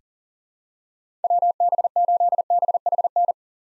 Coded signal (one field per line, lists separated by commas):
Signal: Morse code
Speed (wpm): 40 wpm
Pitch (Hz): 700 Hz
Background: none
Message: WB8BHN